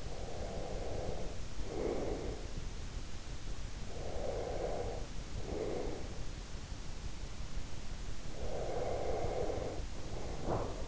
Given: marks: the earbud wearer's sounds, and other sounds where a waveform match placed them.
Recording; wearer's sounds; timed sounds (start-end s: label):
sounds in sleep by an in-ear microphone; breath
0.00-2.71 s: breath
3.89-6.29 s: breath
8.32-10.88 s: breath